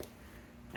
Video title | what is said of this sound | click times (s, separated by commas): 2016 - 2025 Mazda MX5 ND Sequential Turn Signal Upgrade | side, the shorter side, kind of punch it in, and then just push and it should click. | 0.8 s